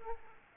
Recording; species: mosquito wingbeat signal from an infrared sensor; Aedes aegypti